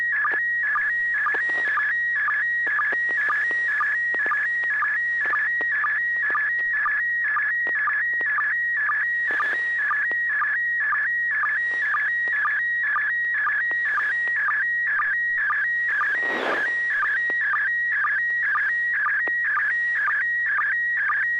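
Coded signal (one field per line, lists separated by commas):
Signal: SSTV (slow-scan television)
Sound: warbling scanning tone with steady ticks each line, repeating flat-tone stretches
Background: low electrical hum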